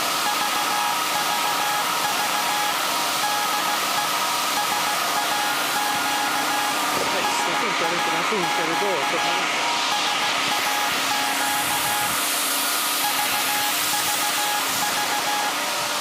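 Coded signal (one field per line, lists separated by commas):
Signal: Morse code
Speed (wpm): 16 wpm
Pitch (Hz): 830 Hz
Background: speech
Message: VVV DE SAQ SAQ SAQ VVV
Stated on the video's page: Live CW transmission from SAQ Grimeton's 1924 Alexanderson alternator for UN Day.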